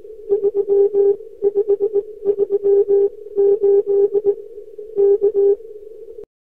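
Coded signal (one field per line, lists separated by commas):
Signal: Morse code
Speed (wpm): 19 wpm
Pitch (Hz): 400 Hz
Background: none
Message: 3538 K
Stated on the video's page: Telegraph sound effect, free royalty-free compilation of Morse code telegraph-sending sounds.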